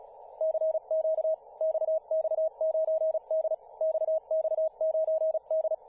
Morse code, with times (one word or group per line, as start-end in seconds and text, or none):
0.4-1.3 CQ
1.6-3.5 XX9D
3.8-5.7 XX9D